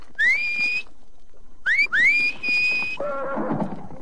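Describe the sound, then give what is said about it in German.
Three shrill, upward-sliding whistles, one long, one short, then another long, make a horse rear up and run off, giving way to a rough, wavering horse whinny in the final second. No one speaks. “Bei dem Pfiff geht jedes Pferd hoch.”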